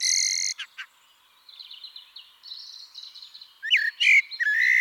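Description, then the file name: Eurasian blackbird song: a loud harsh note opens, then faint twittering, ending with squeaky high notes. "Turdus merula"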